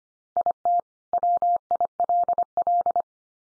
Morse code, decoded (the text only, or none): IT WILL